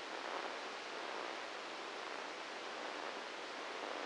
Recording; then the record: brain microelectrode recording played as sound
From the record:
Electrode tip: inside the subthalamic nucleus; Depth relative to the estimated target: 0 mm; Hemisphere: right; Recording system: NeuroSet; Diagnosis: Parkinson's disease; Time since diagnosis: 8 years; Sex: male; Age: 59 years